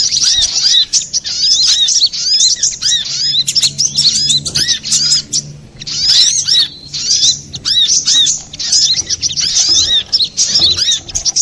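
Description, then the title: Little spiderhunter singing busy bursts of high, squeaky, looping chirps separated by short pauses, the phrases tumbling quickly one after another. Master recording for training cage birds; Indonesian name sogok ontong, labelled Labaik. "Masteran Burung Sogok Ontong Labaik"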